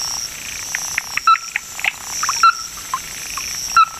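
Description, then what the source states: Ruddy-breasted Crake call: three hard, short knocking notes over about four seconds among faint chirps and a constant high hiss. Described as a bird of Hokkaido, Japan.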